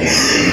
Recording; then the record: squeal of a Yucatan mini pig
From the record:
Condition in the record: before surgery on the right vocal fold (resection and tissue-engineered implant); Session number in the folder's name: 2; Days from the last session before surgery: 0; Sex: male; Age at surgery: 12 weeks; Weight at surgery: 13 kg